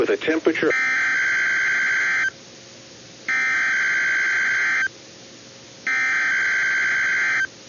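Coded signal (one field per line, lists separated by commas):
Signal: Emergency Alert System (SAME) tones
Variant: header bursts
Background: speech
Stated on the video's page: Required monthly test on a NOAA Weather Radio station, run as part of a tsunami communications drill.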